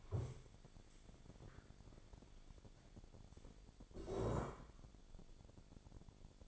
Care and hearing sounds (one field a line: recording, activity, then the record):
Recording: daily activity, microphone in the room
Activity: stand up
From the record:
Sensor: 5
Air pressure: 1000.6 hPa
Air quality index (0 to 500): 144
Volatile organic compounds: 2 ppm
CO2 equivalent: 1122 ppm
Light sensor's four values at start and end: 47/110/46/48 and 47/109/45/48